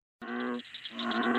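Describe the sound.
American bullfrog giving a deep, droning, resonant croak that starts abruptly, breaks off briefly, then resumes and swells louder.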